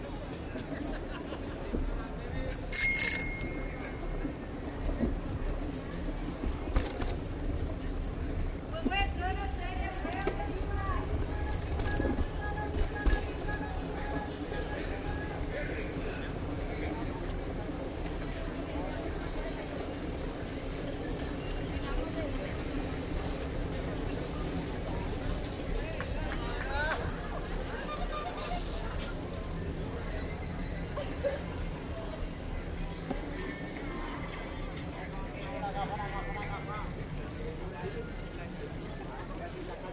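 A bicycle ride through central Bogotá, with a steady low rumble of traffic and street noise throughout. Voices come and go in the mix, and a sharp bright ringing clatter stands out near the start, with a few shorter metallic clicks later on.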